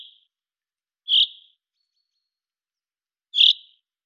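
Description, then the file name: Common chaffinch calling: two loud, short, sharp metallic notes about two seconds apart, after the fading end of an earlier note, in otherwise quiet surroundings. "Fringilla coelebs"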